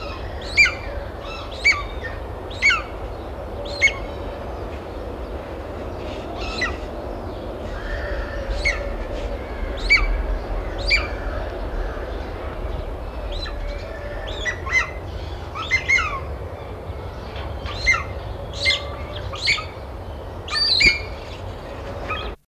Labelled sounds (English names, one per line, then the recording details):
Crowned Eagle call
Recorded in captivity
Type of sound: call
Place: Zoo Antwerpen, Flandern, BE
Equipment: Halbspur, 9,5 cm/s
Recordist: Lütgens, Hans
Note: Rufe